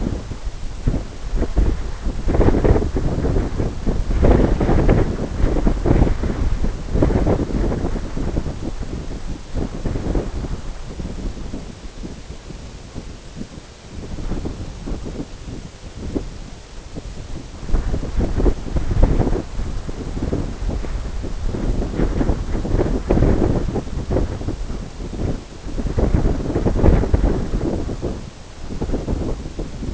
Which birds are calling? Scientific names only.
none